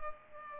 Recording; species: mosquito wingbeat signal from an infrared sensor; Culex pipiens